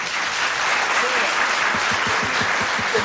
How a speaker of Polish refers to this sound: Proszę, brawa